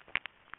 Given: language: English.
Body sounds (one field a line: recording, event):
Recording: throat vibration sensor signal played as sound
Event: swallow